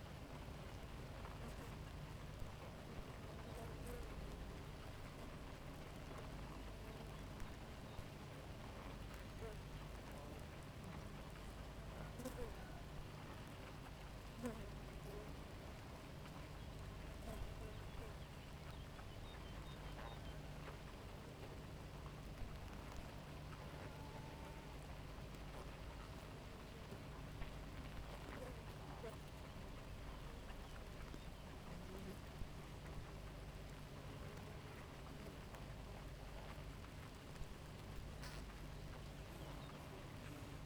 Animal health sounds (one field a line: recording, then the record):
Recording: honeybee colony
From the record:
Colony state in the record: active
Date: 28 July 2017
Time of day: 4:01